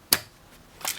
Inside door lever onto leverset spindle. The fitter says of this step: which pushes in the little key to retain the lever, and then push it in and you'll hear a click.